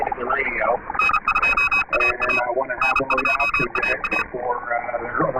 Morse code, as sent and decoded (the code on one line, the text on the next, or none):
-. ..--- .- .- / -. ..--- .- .-
N2AA N2AA